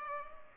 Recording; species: mosquito wingbeat signal from an infrared sensor; Culex pipiens